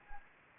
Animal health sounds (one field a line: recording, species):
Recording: mosquito wingbeat signal from an infrared sensor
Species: Anopheles arabiensis